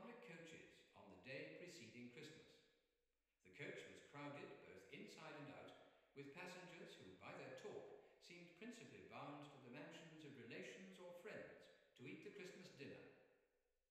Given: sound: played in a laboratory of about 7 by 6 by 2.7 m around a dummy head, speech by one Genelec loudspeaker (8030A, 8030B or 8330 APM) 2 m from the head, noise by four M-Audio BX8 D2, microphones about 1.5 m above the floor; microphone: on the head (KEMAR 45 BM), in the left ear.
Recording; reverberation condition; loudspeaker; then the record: male speech in English; high; in front (0 degrees)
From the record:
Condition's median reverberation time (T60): about 1300 ms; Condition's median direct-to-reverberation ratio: about -4.0 dB